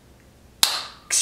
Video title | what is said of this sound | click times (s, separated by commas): The Absolute BEST Barbell Collars! | satisfying click on there and these things | 0.6 s